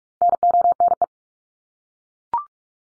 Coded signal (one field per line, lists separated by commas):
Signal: Morse code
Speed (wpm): 44 wpm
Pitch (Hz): 700 Hz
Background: none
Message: NONE